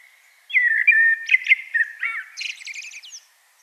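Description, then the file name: Common blackbird warbling fluty whistles, then a rapid series of thin high scratchy notes closing the phrase. "Turdus merula"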